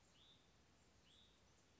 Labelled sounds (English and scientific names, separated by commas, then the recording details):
Hutton's Vireo (Vireo huttoni)
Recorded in Sonoma County, California